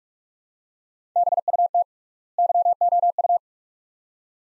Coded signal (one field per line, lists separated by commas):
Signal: Morse code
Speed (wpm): 45 wpm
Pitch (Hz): 700 Hz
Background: none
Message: BUT YOU